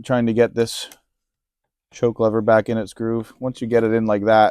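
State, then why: Not seated. A plastic choke lever is being worked back into its groove on the carburetor housing of a STIHL MS211 chainsaw while the carburetor is refitted. Someone talks throughout, with faint handling noises and a silent pause near the middle. The lever is handled but not yet home, and nothing has seated or clicked yet.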